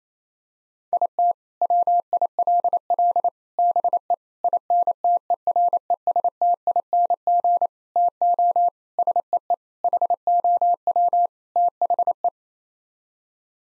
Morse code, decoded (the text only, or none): IT WILL BE INTERESTING TO SEE HOW THE